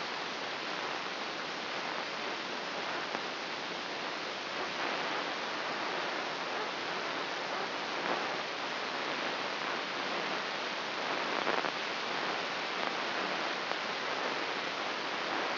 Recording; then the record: brain microelectrode recording played as sound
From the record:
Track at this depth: inside the subthalamic nucleus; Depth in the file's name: 4.32 mm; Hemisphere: left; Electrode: 3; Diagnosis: Parkinson's disease